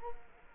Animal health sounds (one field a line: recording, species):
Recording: mosquito wingbeat signal from an infrared sensor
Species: Culex quinquefasciatus